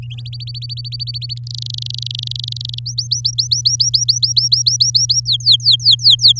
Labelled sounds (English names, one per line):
Domestic Canary song